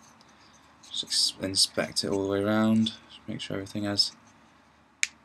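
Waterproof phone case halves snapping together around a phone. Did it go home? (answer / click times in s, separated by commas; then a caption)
yes / 5.0 s. The two halves of a LifeProof plastic waterproof phone case are squeezed together along the edges around a phone while someone talks. A sharp snap at 5.0 s marks the last edge clicking into place, and the case is seated.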